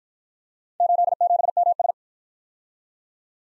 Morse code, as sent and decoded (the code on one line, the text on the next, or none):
---.. --... -- ...
87MS